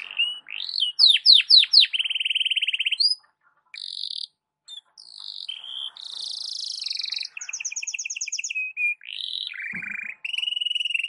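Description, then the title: Belgian canary song with upswept repeated notes, long buzzy rolls and varied trills, continuous and high-pitched with brief gaps. Belgian canary song used in the morning for warming up birds and for masteran (tutoring other birds). "Canto Para Esquentar Canário Belga. SUARA BURUNG KENARI DI PAGI HARI COCOK BUAT MASTERAN"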